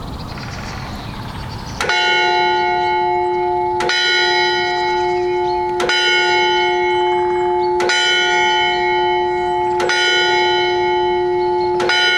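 Quiet outdoor ambience around a monastery gives way, just under two seconds in, to a church bell struck about every two seconds. Each stroke lands with a sharp clang and rings on with a long, bright hum, so the tolling stays steady until the end.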